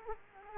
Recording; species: mosquito wingbeat signal from an infrared sensor; Culex quinquefasciatus